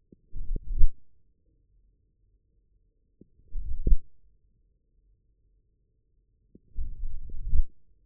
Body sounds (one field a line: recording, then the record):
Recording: forearm muscle sounds (acoustic myography)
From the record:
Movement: forearm pronation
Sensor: system 1, eight BSWA MPA416 microphones around the upper forearm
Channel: 5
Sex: male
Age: 41 years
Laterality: right